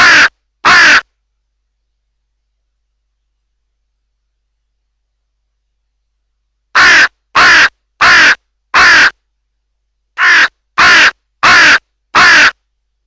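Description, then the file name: Crow giving rough, grating caws: a quick pair, a long pause, then two rapid series of four evenly spaced calls. "Cornacchia"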